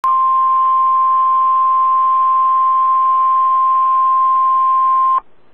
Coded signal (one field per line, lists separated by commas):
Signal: Emergency Alert System (SAME) tones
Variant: 1050 Hz attention tone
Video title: NOAA weather radio EAS #59, severe thunderstorm warning in Oklahoma